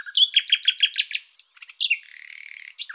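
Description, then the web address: Common nightingale song: a rapid series of repeated sharp notes, then brief clicks and a sustained buzzy trill, ending with a short high note. "Luscinia megarhynchos"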